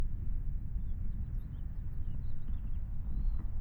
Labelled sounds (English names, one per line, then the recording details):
House Finch song
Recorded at Wantagh on Long Island, New York, on 21 May 1975
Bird I